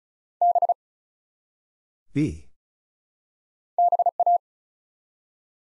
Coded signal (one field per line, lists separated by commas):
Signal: Morse code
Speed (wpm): 36 wpm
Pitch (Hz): 700 Hz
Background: none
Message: B BA